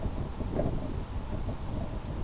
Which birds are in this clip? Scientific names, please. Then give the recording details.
none. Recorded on Arctic tundra, site IGLO-B, on 24 June 2018. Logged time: 01:59